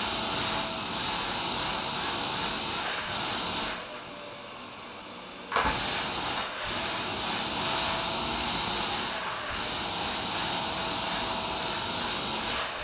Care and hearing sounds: daily activity, microphone in the room; vacuum cleaning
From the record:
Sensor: 2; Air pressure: 994.3 hPa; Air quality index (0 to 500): 213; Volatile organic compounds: 1000 ppm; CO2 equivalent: 7027 ppm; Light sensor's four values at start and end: 50/113/48/48 and 51/117/49/49

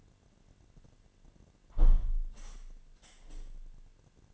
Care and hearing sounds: daily activity, microphone in the room; close window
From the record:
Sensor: 4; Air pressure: 1007.3 hPa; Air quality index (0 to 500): 195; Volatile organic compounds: 6 ppm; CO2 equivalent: 1944 ppm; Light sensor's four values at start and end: 23/73/28/27 and 23/73/28/27

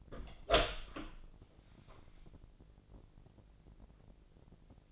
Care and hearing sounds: daily activity, microphone in the room; open door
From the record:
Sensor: 5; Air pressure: 1012.4 hPa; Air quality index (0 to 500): 160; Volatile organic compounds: 2 ppm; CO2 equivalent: 1089 ppm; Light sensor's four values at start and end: 250/605/255/280 and 255/620/261/287

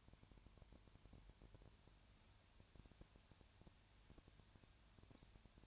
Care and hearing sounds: daily activity, microphone in the room; no activity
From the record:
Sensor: 2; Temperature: 20.3 degrees Celsius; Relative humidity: 33.8%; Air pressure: 1003.2 hPa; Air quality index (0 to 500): 82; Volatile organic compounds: 1 ppm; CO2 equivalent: 781 ppm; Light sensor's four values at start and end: 2/3/2/2 and 2/3/2/2

